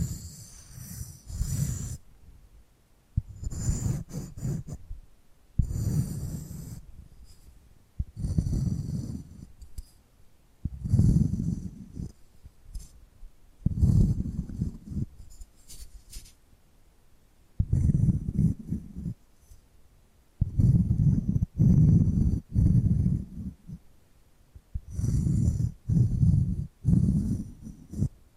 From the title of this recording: Hypnotic Tapping and Scratching Sounds